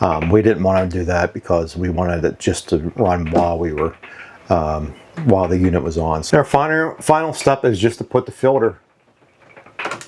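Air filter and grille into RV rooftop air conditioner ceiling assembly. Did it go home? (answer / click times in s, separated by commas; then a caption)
yes / 9.8 s. Someone talks while the return-air filter and its grille are pushed back onto the ceiling unit of an RV's rooftop air conditioner. After the talking stops, a sharp snap at 9.8 s seats the filter into place, followed by two smaller clicks around 10.0 and 10.1 s.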